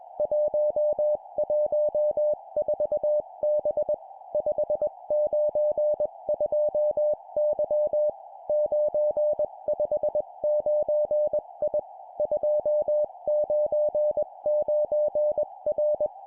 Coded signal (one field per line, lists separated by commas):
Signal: Morse code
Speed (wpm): 21 wpm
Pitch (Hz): 600 Hz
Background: music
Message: 114B 592Y 959I 299R